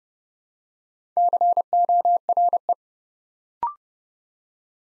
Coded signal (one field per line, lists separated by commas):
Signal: Morse code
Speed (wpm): 30 wpm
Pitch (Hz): 700 Hz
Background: none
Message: CORE